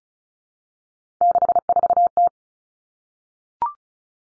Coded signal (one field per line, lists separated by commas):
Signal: Morse code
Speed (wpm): 34 wpm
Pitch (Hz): 700 Hz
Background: none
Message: 64T